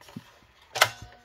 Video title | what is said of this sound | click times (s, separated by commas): DELL Optiplex 755 Disassembly Power Supply Replacement While Right Clavicle Collar Bone is Broken | we go. You'll hear it click into place. | 0.8 s